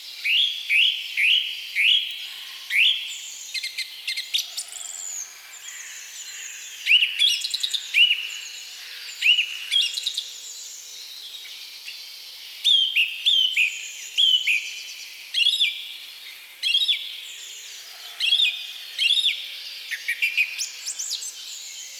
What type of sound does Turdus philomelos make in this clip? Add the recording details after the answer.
song. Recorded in the wild. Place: Waltershofen / Freiburg im Breisgau, Baden-Württemberg, DE. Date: 2003-04-13. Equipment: MiniDisc Sharp MT 20 H, Sennheiser MKH 816. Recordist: Schwarz, Dieter